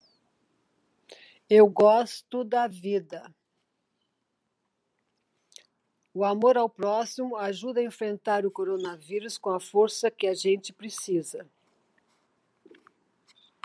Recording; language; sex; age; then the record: spoken sentence; Brazilian Portuguese; female; 70 to 79 years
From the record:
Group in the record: control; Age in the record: 70 years